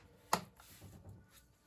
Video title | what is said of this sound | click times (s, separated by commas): Building the 1/24 Scale "Mad Max" Holden Sandman Part 3: Bringing it All Together | And there you go, just pops right in, no glue required. | 0.3 s